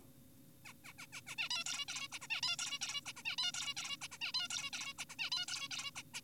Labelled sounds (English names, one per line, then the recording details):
Zebra Finch
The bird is an adult
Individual g4p5U